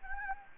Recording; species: mosquito wingbeat signal from an infrared sensor; Anopheles gambiae